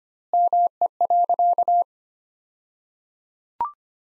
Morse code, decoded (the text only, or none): ME.